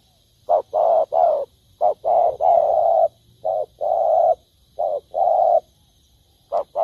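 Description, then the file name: Spotted dove coos in pairs of a clipped note and a longer mellow one. "tieng cu dat gay"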